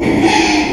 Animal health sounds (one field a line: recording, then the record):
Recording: squeal of a Yucatan mini pig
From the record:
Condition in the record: after surgery on the right vocal fold (resection and tissue-engineered implant)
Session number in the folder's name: 2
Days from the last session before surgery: 13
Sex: male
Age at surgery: 12 weeks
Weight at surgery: 13 kg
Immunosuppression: cyclosporine, prednisolone